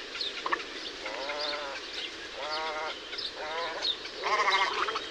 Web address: Little egret. صدای-پرنده-قار-کوچک